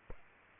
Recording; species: mosquito wingbeat signal from an infrared sensor; Aedes aegypti